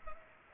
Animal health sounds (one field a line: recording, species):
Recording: mosquito wingbeat signal from an infrared sensor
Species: Culex pipiens